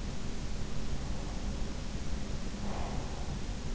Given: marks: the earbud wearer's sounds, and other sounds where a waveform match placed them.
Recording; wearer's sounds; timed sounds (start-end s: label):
sounds in sleep by an in-ear microphone; breath
2.51-3.40 s: breath